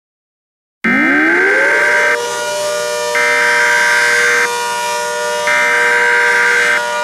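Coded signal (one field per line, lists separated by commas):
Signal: Emergency Alert System (SAME) tones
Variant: header bursts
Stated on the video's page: Fictional tsunami scenario.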